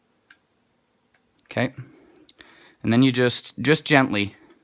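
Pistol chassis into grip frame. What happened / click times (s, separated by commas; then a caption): Parts handled and pressed gently, not yet seated / none. A Beretta APX pistol's internal chassis is gently handled over its polymer grip frame while someone talks, with a few faint, brief ticks and handling sounds. Nothing has seated or clicked into place yet.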